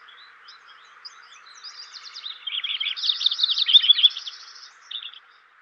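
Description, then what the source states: Lincoln's Sparrow song building from soft notes into a loud, rich bubbling trill sequence, ending with a short phrase. Western North America.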